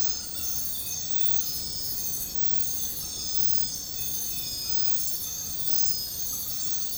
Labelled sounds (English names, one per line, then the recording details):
none
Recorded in secondary vegetation near Puerto Asís, Putumayo, Colombia, on 20 February 2024 at 04:00
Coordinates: 0.468, -76.324
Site G6381